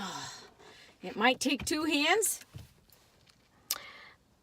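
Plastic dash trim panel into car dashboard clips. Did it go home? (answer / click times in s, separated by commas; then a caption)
yes / 3.7 s. Someone talks, then pushes a plastic dash trim panel into the dashboard clips of a Challenger with two hands. After a couple of faint ticks, one loud, sharp snap comes at 3.7 s as the trim seats.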